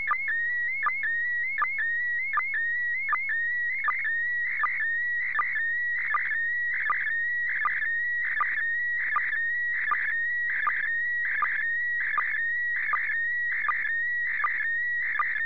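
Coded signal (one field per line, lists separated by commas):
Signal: SSTV (slow-scan television)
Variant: PD 180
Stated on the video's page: SSTV received from the International Space Station.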